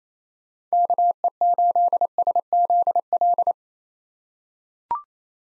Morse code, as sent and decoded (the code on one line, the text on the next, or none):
-.- . ---.. ... --.. .-..
KE8SZL